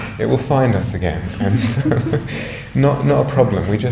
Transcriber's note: laughter